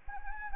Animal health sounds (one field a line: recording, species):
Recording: mosquito wingbeat signal from an infrared sensor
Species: Anopheles arabiensis